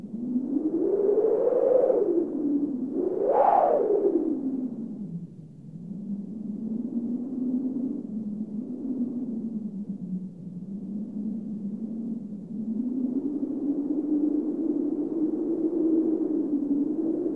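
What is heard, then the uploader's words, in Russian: Wind howls steadily and low, its moaning pitch wavering up and down without a break. Around two and again near three and a half seconds it swells into louder, higher whistling gusts, then settles back into a lower, droning howl that slowly rises again toward the end. Звуки ветра. Звуки и вой ветра.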